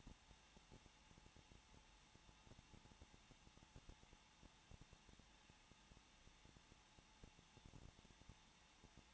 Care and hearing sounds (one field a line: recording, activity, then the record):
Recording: daily activity, microphone in the room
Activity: no activity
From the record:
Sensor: 1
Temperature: 20.1 degrees Celsius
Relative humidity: 39.3%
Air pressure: 1006.4 hPa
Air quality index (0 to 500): 218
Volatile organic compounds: 80 ppm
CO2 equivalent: 3606 ppm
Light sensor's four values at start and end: 1/2/1/1 and 1/2/1/1